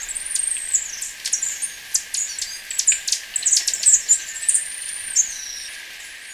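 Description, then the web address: Capped Conebill with high, thin sibilant notes and short trills, and a few longer drawn whistles, all very high-pitched. Ecuador. "Natures Songs S America Birds of Ecuador Capped Conebill"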